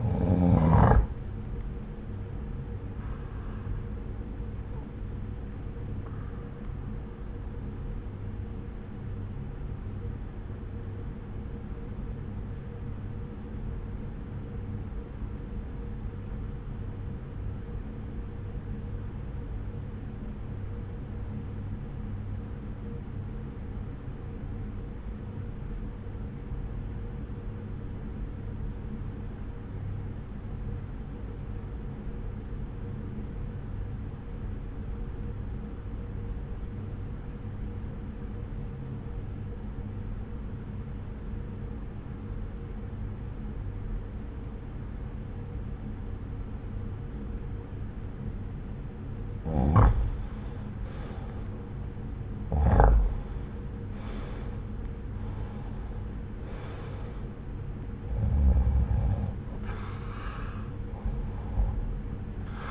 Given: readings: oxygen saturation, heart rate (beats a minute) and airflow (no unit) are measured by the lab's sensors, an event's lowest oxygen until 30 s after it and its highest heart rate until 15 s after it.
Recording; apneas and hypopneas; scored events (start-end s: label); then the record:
breathing in sleep by a smartphone at the bedside; 1
9.00-50.60 s: obstructive apnea (REM, oxygen 96% highest, then 81% lowest)
From the record:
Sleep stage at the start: REM sleep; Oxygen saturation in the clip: 79 to 96%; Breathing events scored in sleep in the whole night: 303 in 8.1 hours asleep